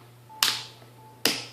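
A plastic S-View flip-cover case, which replaces the back cover of a Samsung Galaxy Note 4, is pressed around its edges onto the phone body so its plastic clips snap in. Two sharp, bright snaps are heard at 0.4 s and 1.3 s over a quiet, steady background hum. The cover seats and is fully installed.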